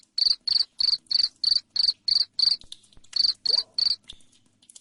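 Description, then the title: Cricket giving loud, shrill chirps in a steady series of roughly three a second, pausing briefly before a few more chirps. Loud cricket chirping played to make lovebirds sing continuously. "Suara JANGKRIK NGERIK Keras Bikin LOVEBIRD Jadi NGEKEK Terus Vubey"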